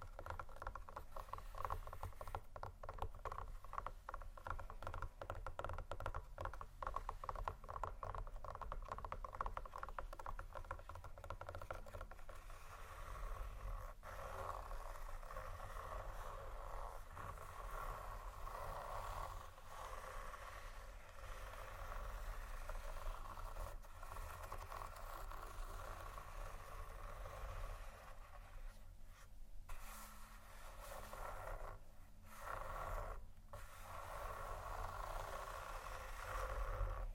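Scratching and tapping on textured surfaces, a dense, steady rasping with rapid ticks early on and a few brief pauses near thirty seconds.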